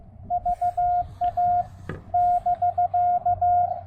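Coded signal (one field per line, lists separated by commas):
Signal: Morse code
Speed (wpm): 18 wpm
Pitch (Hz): 700 Hz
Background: radio noise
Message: VA <BK>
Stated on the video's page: Rapid activation with a Discovery TX-500 transceiver, Elecraft T1 tuner and CHA MPAS Lite antenna.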